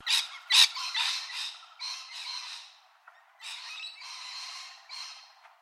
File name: BIRD COCKATOO SULPHA CRESTED